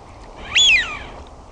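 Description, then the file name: Eurasian wigeon whistle: a single clear whistled note that sweeps sharply upward, then slides down over about half a second, with light background hiss. "HAAPANA"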